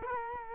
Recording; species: mosquito wingbeat signal from an infrared sensor; Culex quinquefasciatus